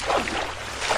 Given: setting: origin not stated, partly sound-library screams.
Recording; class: one-second piece from a danger detection set; normal situation